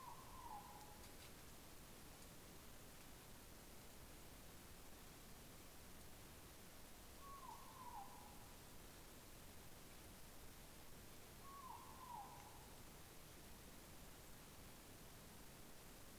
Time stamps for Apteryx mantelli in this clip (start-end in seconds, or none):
none